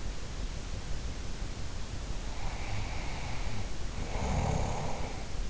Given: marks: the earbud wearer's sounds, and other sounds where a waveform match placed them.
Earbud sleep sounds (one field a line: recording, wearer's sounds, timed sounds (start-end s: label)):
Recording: sounds in sleep by an in-ear microphone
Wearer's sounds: snoring breath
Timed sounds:
2.15-5.33 s: snoring breath